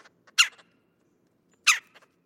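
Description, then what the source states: Red-bellied woodpecker calls, two short, harsh notes spaced over a second apart, with faint softer notes around them. Red-bellied woodpecker call, compared with the similar-sounding fox squirrel alarm barks.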